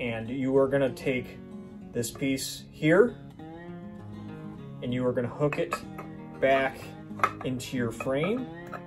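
Someone talks while handling the steel barrel assembly of a Stoeger double-barrel shotgun (coach gun), hooking it back onto the shotgun frame hinge during reassembly after resetting the internal hammers, with the hammers laid flat. The barrel has not yet seated or clicked into the frame.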